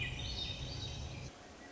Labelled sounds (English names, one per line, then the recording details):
Swainson's Thrush
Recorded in Sonoma County, California